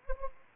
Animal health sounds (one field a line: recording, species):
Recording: mosquito wingbeat signal from an infrared sensor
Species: Anopheles arabiensis